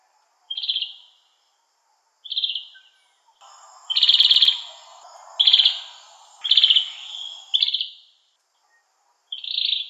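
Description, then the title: Oriental magpie-robin repeating short, rattling, buzzy notes at irregular gaps, several bursts, with a soft low hum underneath in the middle. "Kicau Kacer"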